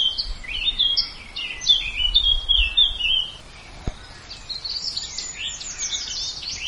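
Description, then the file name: Birdsong, a lively run of high chirping and warbling notes, a brief pause, then more busy twittering, with a single sharp click midway. "birdsong diversitree"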